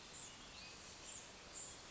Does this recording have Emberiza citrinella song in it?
no